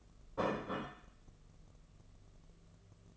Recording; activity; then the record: daily activity, microphone in the room; place plate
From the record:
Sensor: 4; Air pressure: 1016.0 hPa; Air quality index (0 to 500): 210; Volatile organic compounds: 13 ppm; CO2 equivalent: 2414 ppm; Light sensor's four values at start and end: 16/38/16/16 and 16/38/16/16